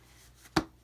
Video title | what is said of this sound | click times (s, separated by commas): How to replace your April air filter | then they just kind of snap in place | 0.6 s